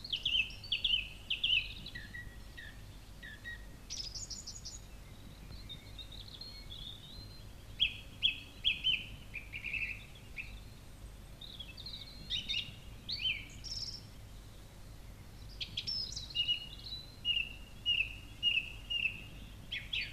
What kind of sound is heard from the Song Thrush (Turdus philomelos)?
song